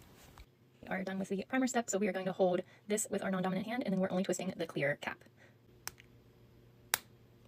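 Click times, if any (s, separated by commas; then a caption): 6.9 s. Someone talks while a silicone reline dispensing cartridge is held in the non-dominant hand and only its clear plastic cap is twisted. After the talking stops, a few faint ticks are followed by one sharp snap at 6.9 s as the cap clicks and seats into place.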